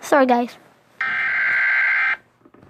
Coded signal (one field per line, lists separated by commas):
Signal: Emergency Alert System (SAME) tones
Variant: header bursts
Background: speech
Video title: Pre defended EAS Alerts Play Mock and make EAS alerts